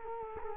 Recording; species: mosquito wingbeat signal from an infrared sensor; Culex quinquefasciatus